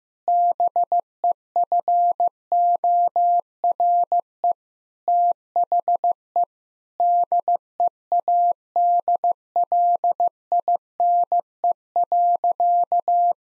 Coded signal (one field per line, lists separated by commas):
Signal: Morse code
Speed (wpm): 15 wpm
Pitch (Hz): 700 Hz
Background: none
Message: BEFORE THE DEADLINE.